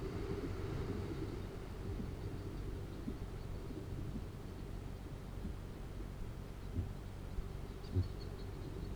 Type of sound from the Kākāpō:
boom